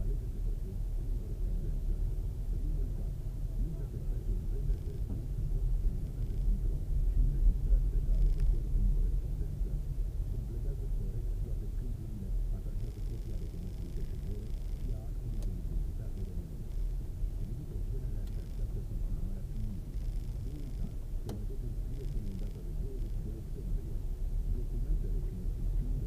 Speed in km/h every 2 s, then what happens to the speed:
6, 9, 9, 10, 11, 9, 6, 6, 6, 6, 5, 6, 7.
0-26 steady at about 6.